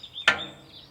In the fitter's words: while I'm running this, I have it kind of locked into place, something like this.